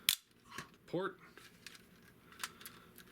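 A plastic limb/port piece of a transforming combiner robot toy is pulled out of its joint and released with a sharp snap at 0.1 s. Someone talks, and softer plastic clicks and handling sounds follow.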